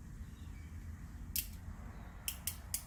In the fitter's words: when you hear the click like that then you're gonna go laughs like this you